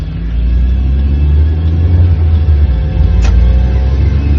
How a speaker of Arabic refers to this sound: جاء إلى المطار يقود سيارة نقل الأموات.